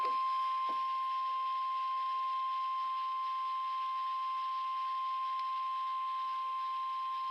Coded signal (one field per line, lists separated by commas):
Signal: Emergency Alert System (SAME) tones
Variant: 1050 Hz attention tone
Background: speech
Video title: Required Monthly Test (EAS #103)